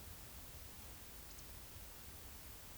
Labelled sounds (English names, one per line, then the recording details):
Eurasian Woodcock whistle
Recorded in Baden-Württemberg, Germany, on 10 May 2021 at 19:48 UTC
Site 24606, 635 m above sea level